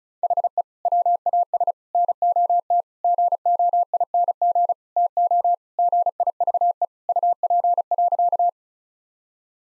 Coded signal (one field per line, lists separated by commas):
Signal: Morse code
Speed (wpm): 34 wpm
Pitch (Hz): 700 Hz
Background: none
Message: HE WAS NOT GOING TO GIVE UP.